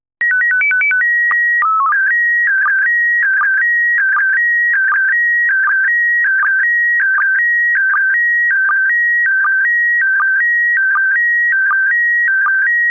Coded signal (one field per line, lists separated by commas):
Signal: SSTV (slow-scan television)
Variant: PD 180